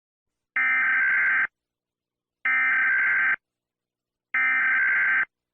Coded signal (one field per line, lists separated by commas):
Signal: Emergency Alert System (SAME) tones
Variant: header bursts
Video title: EAS Scenario - A Second Opportunity (Part 5)